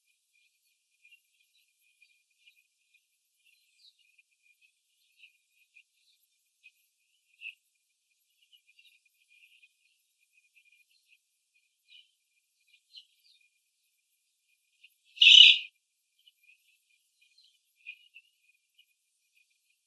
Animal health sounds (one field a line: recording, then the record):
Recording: young laying hens in a cage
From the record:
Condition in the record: after the stressor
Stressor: simulated dog barking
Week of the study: 3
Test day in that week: 2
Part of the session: 4